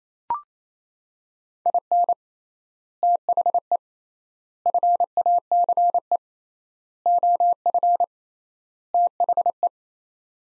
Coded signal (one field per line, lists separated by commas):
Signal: Morse code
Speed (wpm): 28 wpm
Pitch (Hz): 700 Hz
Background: none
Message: IN THE FACE OF THE